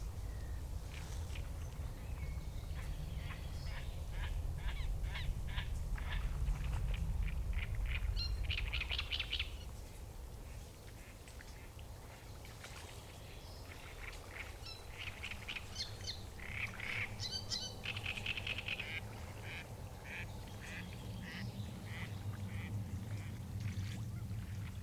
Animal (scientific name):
Acrocephalus arundinaceus